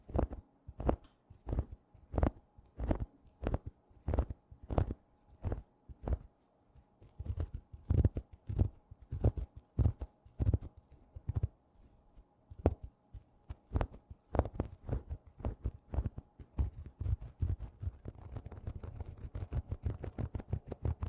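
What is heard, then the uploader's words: Someone scratches a tapestry cushion in short rhythmic strokes, each a soft, thudding rasp. The strokes come evenly at first, about one every second, then grow irregular mid-clip before speeding into rapid, dense scratching near the end, under a faint steady hum. TimASMR-Mini-Scratching on Tapestry Cushions in Macro (NO TALKING).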